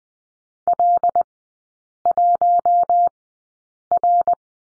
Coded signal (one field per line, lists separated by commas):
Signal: Morse code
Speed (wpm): 20 wpm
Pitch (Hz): 700 Hz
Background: none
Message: L1R